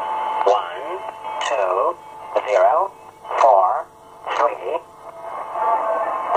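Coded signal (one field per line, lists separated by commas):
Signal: numbers station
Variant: English Man, English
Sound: short evenly spaced spoken words, like numbers read out, over a shortwave channel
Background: radio static, steady tone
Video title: Zahlensender - Number Station - English Man - 11525kHz USB - 16.02.2020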